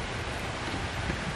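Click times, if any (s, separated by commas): none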